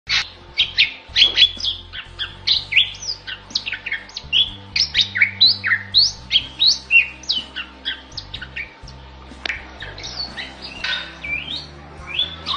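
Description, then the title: Bali myna singing a long, fast, varied series of sharp calls and whistles over a faint low hum. Bali myna with an unusual song, used to train competition birds. "Masteran Jalak Bali Yang BERSUARA UNIK Untuk Gacoran Juara"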